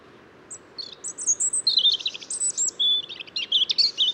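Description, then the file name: European robin song, a quick sequence of high thin whistles and sweet trills, changing pitch from note to note. "Erithacus rubecula"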